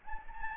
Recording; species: mosquito wingbeat signal from an infrared sensor; Anopheles gambiae